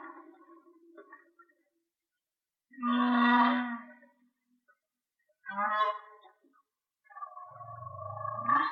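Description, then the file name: Whale song: faint harmonic calls, then two loud harmonic cries, and a final call ending in a rising sweep. "Whale Song-colin"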